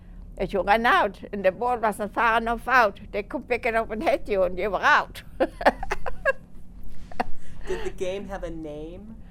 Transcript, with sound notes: If you run out and the ball wasn't far enough out, they could pick it up and hit you, and you were out. ( she laughs )
Did the game have a name?